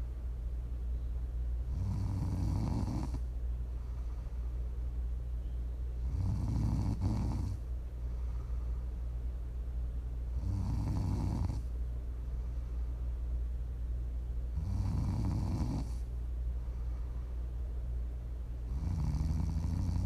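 An adult sleeper snoring steadily: five low-pitched, rumbling snores, one about every four seconds, with quiet breathing between them. Offered as ASMR snoring for listening to sleep, relax or wind down.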